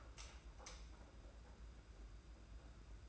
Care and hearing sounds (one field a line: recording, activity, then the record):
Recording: daily activity, microphone in the room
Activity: light on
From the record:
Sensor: 2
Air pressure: 991.8 hPa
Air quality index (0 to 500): 226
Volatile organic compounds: 1000 ppm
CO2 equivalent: 7548 ppm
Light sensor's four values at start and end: 11/27/11/10 and 17/47/18/17